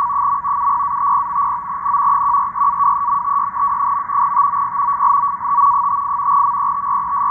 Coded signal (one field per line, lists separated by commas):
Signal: NAVTEX (SITOR-B)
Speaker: you can see the code so here you can see the matching lines footed the code and of course to the code going on right here